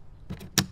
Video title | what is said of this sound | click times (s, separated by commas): MESO Customs 4Runner Hatch Light installation | insert the left hand side first lock into place | 0.6 s